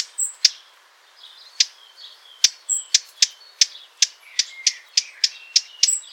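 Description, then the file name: Eurasian blackcap uttering sharp tack clicks, sparse at first, then quickening into a steady run of about a dozen, with soft chirps behind. "Sylvia atricapilla"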